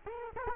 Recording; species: mosquito wingbeat signal from an infrared sensor; Culex quinquefasciatus